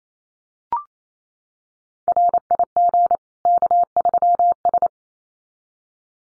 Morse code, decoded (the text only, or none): RIG K3S